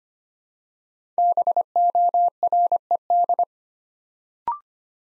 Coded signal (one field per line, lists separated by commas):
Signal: Morse code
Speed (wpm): 25 wpm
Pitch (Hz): 700 Hz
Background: none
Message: BORED